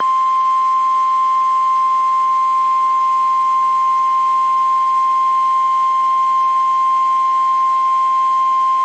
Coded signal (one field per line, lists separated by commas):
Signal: Emergency Alert System (SAME) tones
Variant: 1050 Hz attention tone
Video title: WXL31 RWT (EAS #61)